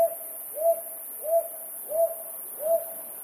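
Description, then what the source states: Brown hawk-owl hooting in an even series, about two-thirds of a second apart, each note swelling upward then levelling off; one cut-off hoot at the start, then four full ones. 7 May 2015.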